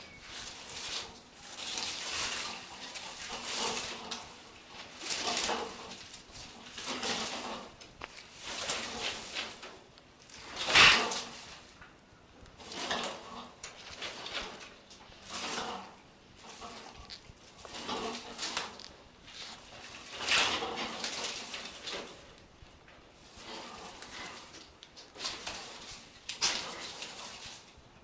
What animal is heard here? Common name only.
Indian Crested Porcupine